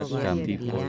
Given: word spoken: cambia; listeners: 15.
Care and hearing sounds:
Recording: one Spanish word in noise, from a listening test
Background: four-talker babble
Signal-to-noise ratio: -0.3 dB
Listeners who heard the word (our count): 0 of 15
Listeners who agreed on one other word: 6 of 15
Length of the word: 0.49 s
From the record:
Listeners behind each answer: 6, 2, 1, 1, 1, 1, 1, 1, 1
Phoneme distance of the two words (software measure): 47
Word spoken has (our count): 2 syllables, 6 phonemes, stress on syllable 1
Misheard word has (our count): 3 syllables, 7 phonemes, stress on syllable 1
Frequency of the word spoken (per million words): 27.08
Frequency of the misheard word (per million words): 2.24

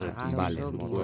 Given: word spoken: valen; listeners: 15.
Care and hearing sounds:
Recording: one Spanish word in noise, from a listening test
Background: four-talker babble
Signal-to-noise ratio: -1.2 dB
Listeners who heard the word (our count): 3 of 15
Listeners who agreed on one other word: 9 of 15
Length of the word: 0.64 s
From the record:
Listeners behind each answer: 9, 3, 1, 1, 1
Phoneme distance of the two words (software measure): 7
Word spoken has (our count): 2 syllables, 5 phonemes, stress on syllable 1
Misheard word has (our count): 2 syllables, 4 phonemes, stress on syllable 1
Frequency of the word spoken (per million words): 6.30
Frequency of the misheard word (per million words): 51.36

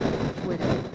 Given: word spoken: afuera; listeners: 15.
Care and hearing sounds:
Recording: one Spanish word in noise, from a listening test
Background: noise modulated by three-talker babble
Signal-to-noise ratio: -7.4 dB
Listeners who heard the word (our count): 0 of 15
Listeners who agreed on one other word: 8 of 15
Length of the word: 0.55 s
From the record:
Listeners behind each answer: 8, 4, 1, 1, 1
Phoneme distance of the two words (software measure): 7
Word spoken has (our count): 3 syllables, 6 phonemes, stress on syllable 2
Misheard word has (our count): 2 syllables, 5 phonemes, stress on syllable 1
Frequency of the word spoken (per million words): 32.80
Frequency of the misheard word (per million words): 353.82

